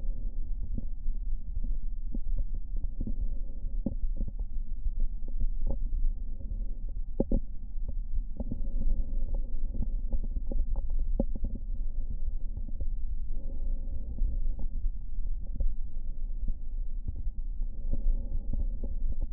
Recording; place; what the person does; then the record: lung sounds by stethoscope; right anterior apical chest; quiet breathing, then deep breathing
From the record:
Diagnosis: asthma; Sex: female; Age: 65 years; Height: 157 cm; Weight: 70.2 kg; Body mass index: 28.5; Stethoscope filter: diaphragm mode